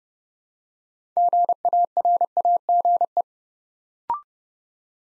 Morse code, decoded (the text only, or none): GARAGE